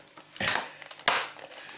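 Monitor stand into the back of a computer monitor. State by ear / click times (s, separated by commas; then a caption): seated / 1.1 s. A used ViewSonic gaming monitor's plastic stand is pushed into the back of the monitor until it locks. A rough, scraping burst of plastic-on-plastic contact around 0.4–0.6 seconds and a few faint ticks lead to a sharp, loud click at 1.1 seconds. The stand seats firmly.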